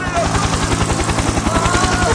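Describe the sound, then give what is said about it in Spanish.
A yellow helicopter marked 'gobierno' (government), heading toward Buenos Aires, coming in to land in Argentina, its rotor blades beating a fast, steady, loud thump over a constant engine whine and broad rushing noise. “Va a bajar de nuevo. Otra vez con el helicóptero, sí, amarillo, que dice gobierno hacia Buenos Aires.”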